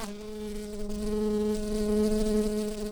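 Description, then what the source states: Shrill carder bee buzz, a steady droning hum with a clear low fundamental and many stacked harmonics, holding even pitch throughout with slight swells in loudness. Queen.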